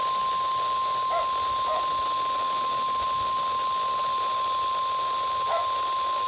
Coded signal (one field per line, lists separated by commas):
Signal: Emergency Alert System (SAME) tones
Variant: 1050 Hz attention tone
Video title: CHRISTMAS TEST TRIFECTA - Required Weekly Tests on 12/22/21 (EAS #146-148)